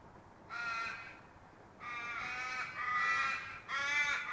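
Raven calls: four long, harsh caws, the first after a pause, the last three following closely one after another.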